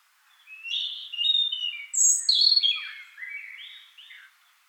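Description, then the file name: European robin delivering one clear song phrase of high whistled notes, a piercing very high note, then descending liquid twitters. "Erithacus rubecula"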